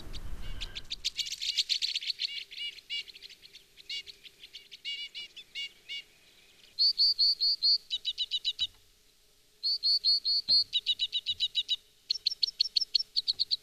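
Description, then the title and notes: Two-barred Crossbill: finch-like bird with rapid bursts of sharp chipping calls in repeated runs separated by short pauses. "Kirjosiipikäpylintu. Viikon luontoäänen esitteli Pertti Koskimies"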